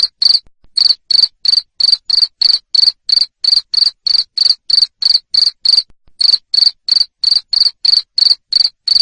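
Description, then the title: Cricket calling with loud, shrill chirps repeated steadily about three times a second, with two brief pauses. Loud cricket chirping played to make lovebirds sing continuously. "Suara JANGKRIK NGERIK Keras Bikin LOVEBIRD Jadi NGEKEK Terus"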